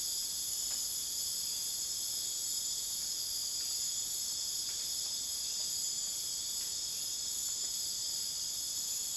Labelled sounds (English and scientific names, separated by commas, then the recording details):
none
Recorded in dense forest near Puerto Asís, Putumayo, Colombia, on 29 June 2025 at 01:30
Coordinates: 0.484, -76.325
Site H65